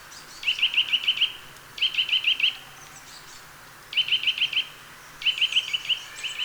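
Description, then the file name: Eurasian nuthatch delivers fast trills of five or six ringing notes, in several bursts separated by short pauses. "Sitta europaea"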